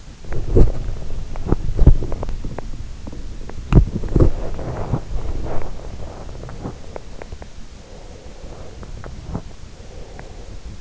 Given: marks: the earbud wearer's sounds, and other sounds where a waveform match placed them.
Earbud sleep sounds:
sounds in sleep by an in-ear microphone; body movement, breath
0.00-7.61 s: body movement
7.61-9.10 s: breath
9.74-10.81 s: breath

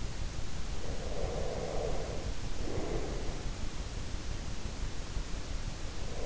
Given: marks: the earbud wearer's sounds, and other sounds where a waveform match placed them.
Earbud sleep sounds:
sounds in sleep by an in-ear microphone; breath
0.99-3.45 s: breath

